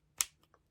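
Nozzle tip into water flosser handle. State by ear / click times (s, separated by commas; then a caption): seated / 0.2 s. A plastic nozzle tip is pushed into the hole on top of a cordless Tricklet water flosser handle and clicks into place with a sharp, bright snap at 0.2 s. Two fainter ticks follow at about 0.4 s and 0.5 s. The tip is seated.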